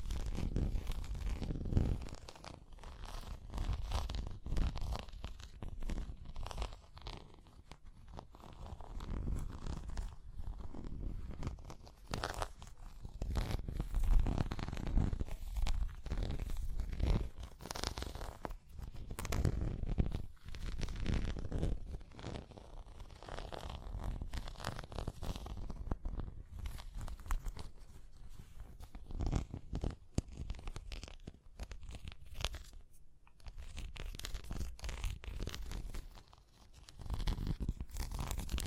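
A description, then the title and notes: Tapping and scratching go on without pause for the whole span, a dense, uneven run of small rasping strokes and knocks. The scraping comes in quick bursts that swell and ease every few seconds, with sharper taps standing out now and then and a low rumble underneath. Tapping and Scratching (No Talking).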